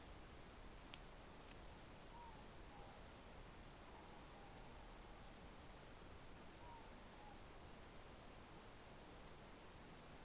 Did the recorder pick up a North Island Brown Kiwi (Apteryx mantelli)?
no